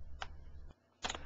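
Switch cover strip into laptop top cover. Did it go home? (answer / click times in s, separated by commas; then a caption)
yes / 0.2 s, 1.1 s. The plastic switch cover strip above the keyboard of an HP Compaq 6730s laptop is pressed along its whole length into the laptop's plastic top cover. Sharp tick-like clicks sound at 0.2 s, 1.1 s and 1.1 s over a low steady hum that briefly drops out in between. The switch cover snaps into place and is seated.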